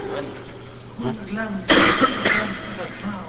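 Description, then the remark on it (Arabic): A listener at a lesson sneezes: a single sharp, noisy sneeze bursts out loudly and briefly, with murmured voices talking before and after it. “عطس سامع.”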